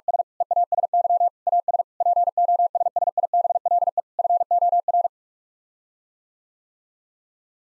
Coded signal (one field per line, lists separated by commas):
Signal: Morse code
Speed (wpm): 46 wpm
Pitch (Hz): 700 Hz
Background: none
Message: S EASY AS POSSIBLE FOR